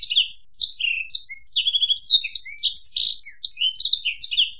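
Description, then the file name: Black-throated canary in continuous song, a fast, unbroken stream of high, varied chirps, trills and short whistles with no other sounds. "suara burung blackthroat"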